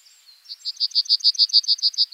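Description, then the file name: Bunting song fragment: a steady run of repeated bright high notes, about seven per second. "bruant"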